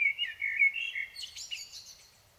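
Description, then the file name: Common blackbird song beginning mid-phrase with mellow fluted notes, then shifting to a squeaky, high-pitched twittering flourish. "Turdus merula"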